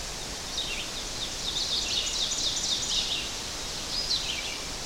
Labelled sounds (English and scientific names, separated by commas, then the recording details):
Ovenbird (Seiurus aurocapilla) song
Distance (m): 35 m
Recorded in boreal forest in Alberta, Canada, on 12 June 2016 at 06:48
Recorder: SongMeter 3, array SBT-3-18
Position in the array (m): 246 m, 95 m
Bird 31